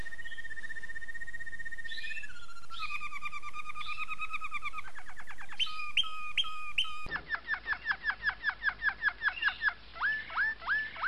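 Domestic canary song: a held whistle dropping in pitch, buzzing trills, then a series of quick downward-sweeping notes repeated in a steady rhythm.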